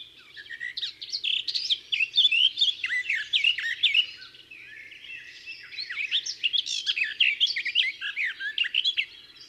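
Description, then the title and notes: Garden warbler song: long, rapid, mellow warbling phrases of varied notes, running almost continuously in two bursts with a brief dip near four seconds. Described as discreet in plumage but a wonderful singer. "La Fauvette des jardins (Sylvia borin). Oiseau discret de plumage mais merveilleux chanteur."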